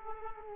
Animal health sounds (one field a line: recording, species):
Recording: mosquito wingbeat signal from an infrared sensor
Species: Aedes aegypti